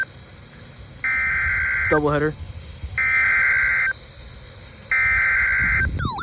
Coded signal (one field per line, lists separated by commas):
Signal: Emergency Alert System (SAME) tones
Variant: header bursts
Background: speech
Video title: EAS #147-148 KXI42 Double header TOR and SVR!